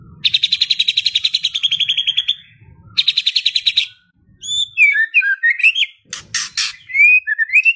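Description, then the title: White-rumped shama song: two long rapid trills, then varied whistled and buzzy phrases sweeping between lower and higher pitches, with a brief harsh burst. Training recording for cage birds. "MURAI BATU LABAIK"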